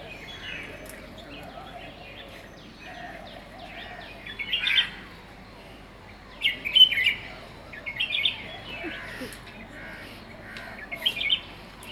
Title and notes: Chirping of Birds at the Sector-B Garden of Indira Nagar, Lucknow